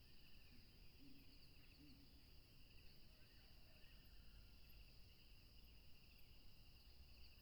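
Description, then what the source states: Crickets trilling in a steady, unbroken chorus with two high pitched bands, over constant low rumbling noise and a few faint higher ticks. Crickets calling by a tropical river.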